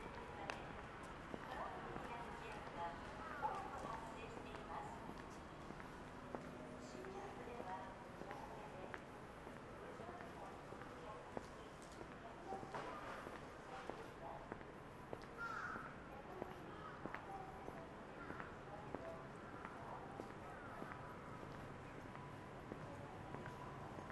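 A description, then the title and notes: A busy Saturday morning in a narrow alley, with a steady crowd murmur of many voices. Footsteps and small clicks and knocks come and go throughout, and a few brighter calls and clatters rise out of the hubbub, the loudest near the middle. Shinjuku,Saturday morning. Morning in bustling Shinjuku is different from night. Kabukicho～Hotel street～ Kabukicho,Sakura street～Kabukicho,Ichiban-gai～Omoide Yokocho～Shinjuku East exit.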